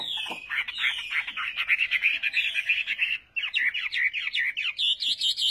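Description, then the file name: Chinese hwamei song of quick, chattering whistled notes in a dense run, briefly breaking, then continuing with bouncy repeated slurs; faint background hiss. "Tieng hoa mi hot"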